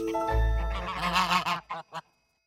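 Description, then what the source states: Goose: a cluster of nasal, harmonic honks, then two short separate honks before silence; a low thump at the start. Geese in the fairy tale of the fox and the geese, who keep praying so the fox cannot eat them.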